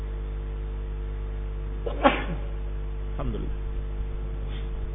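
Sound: sneeze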